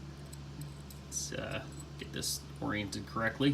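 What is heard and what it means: The button lock in the handle of a folding automatic knife is handled while someone talks, with a few faint ticks near the start. Nothing has seated or clicked into its locked position yet.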